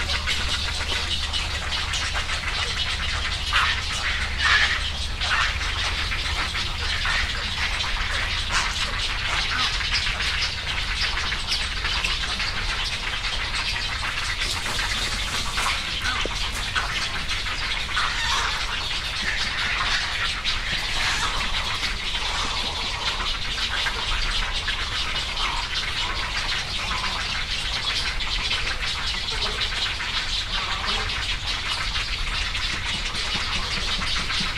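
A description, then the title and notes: Egrets and other birds fill a rookery with a dense, steady wash of overlapping calls and chatter, bright and busy throughout. Scattered harsher squawks stand out now and then, especially around the middle. A low rumble, like traffic, runs underneath. Egret Rookery. Great egrets, cattle egrets, and other birds in the woods beside Hyozu Shrine in Yasu City, Japan. Recorded with a Sony PCM-M10 recorder and FEL Communications Clippy Stereo EM172 Microphone tied to a tree.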